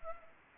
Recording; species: mosquito wingbeat signal from an infrared sensor; Anopheles arabiensis